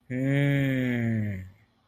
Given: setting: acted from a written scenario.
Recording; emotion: vocal sound without words; serenity